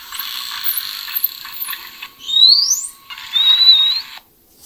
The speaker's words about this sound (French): Alors ça, c'est pour le dauphin, mais est-ce que d'autres cétacés ont aussi un sifflement signature?